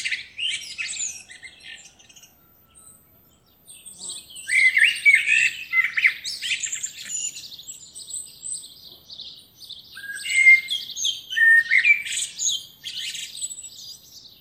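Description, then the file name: Eurasian blackbird song, repeated phrases of fluty low notes blending into dense, chattering high twitters, with a short lull near the start. "Turdus merula"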